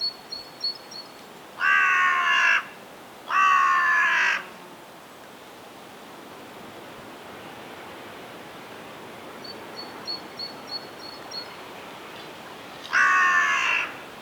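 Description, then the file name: Carrion crow with two hoarse caws in a row, a long quiet gap, then a third caw; faint high notes in the background. "Corvus corone"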